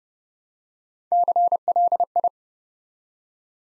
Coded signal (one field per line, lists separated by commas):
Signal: Morse code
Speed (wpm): 30 wpm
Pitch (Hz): 700 Hz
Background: none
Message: CLI